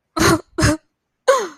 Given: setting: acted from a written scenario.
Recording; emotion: vocal sound without words; sadness